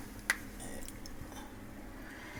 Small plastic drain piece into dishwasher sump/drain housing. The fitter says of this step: pops right in